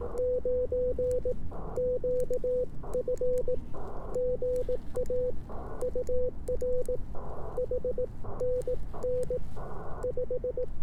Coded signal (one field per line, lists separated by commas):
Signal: Morse code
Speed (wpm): 18 wpm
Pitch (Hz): 500 Hz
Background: none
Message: 9 QF GA UR H NN 5